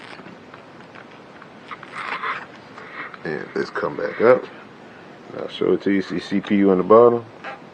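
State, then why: Not seated. A CPU fan cable connector is handled near the motherboard header labelled CPU, with faint ticks and rustling early on while someone talks. The connector has not yet been pushed onto the header, and nothing has seated or clicked yet.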